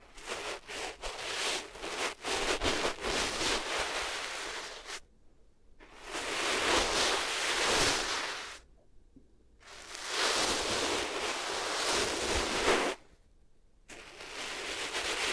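Close rubbing and scratching against the ears comes in dense, hissy bursts of a few seconds each, separated by short near-silent pauses.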